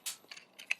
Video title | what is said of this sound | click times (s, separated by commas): Transform Mission HAVOC (IDW Menasor): EmGo's Transformers Reviews N' Stuff | so once you get this clip in this is locked into place | 0.7 s